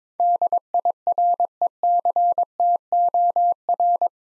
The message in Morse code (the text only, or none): DIRECTOR